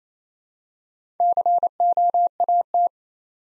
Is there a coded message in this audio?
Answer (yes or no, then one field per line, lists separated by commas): yes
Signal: Morse code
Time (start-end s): 1.2-2.9 s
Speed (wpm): 28 wpm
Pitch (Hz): 700 Hz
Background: none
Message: COAT